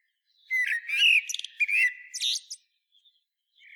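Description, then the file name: Common blackbird song phrase of rich fluted warbling mixed with high squeaky twitters, stopping after about two seconds, with a faint further note at the end. "Turdus merula"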